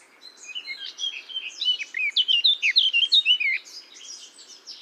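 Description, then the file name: Eurasian blackcap song: a warble that starts soft, swells into rapid, bright, slurred notes, then fades. "Sylvia atricapilla"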